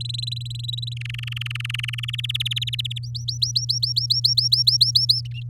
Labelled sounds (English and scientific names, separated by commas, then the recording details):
Domestic Canary (Serinus canaria) song
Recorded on 10 May 2018 at 06:08
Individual llb16